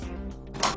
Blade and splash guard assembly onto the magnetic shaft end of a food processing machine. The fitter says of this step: protruding from the underside of the machine you should hear it snap firmly into place